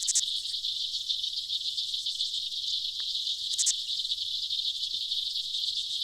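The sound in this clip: Aquatic insects making an unbroken shrill, grainy drone, with a crisp click at the start and another partway through.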